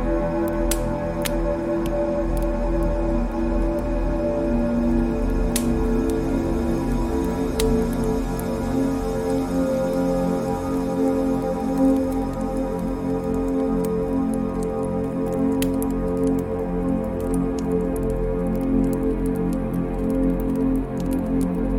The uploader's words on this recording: Gentle crackling sounds and comforting warmth of a fireplace. The gentle crackling of the firewood.